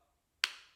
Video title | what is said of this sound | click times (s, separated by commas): Shoulderpod G2 Review and Unboxing - iPhone Smartphone Rig | hear that little click that means the phone's locked in so it shouldn't move anywhere and | 0.4 s